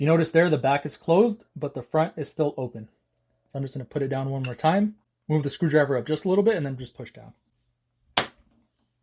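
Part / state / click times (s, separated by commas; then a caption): snap-on case back into watch case / seated / 8.2 s. A snap-on watch case back is pressed into a watch case with a screwdriver: with the back closed but the front still open, the screwdriver is moved up a little and pushed down on the front of the case back. Someone talks for most of the clip, then a sharp snap at 8.2 s marks the back seating fully closed.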